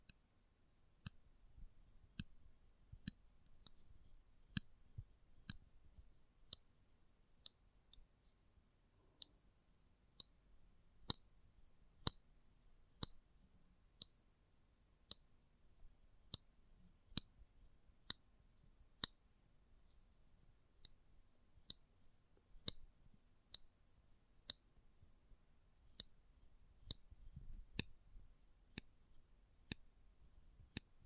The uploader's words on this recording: ASMR Close Up Metallic Sounds (No Talking).